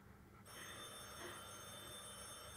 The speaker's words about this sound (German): Wer kann da anrufen? Wart noch mal ab. Wenn es noch mal klingelt, kannst du hingehen.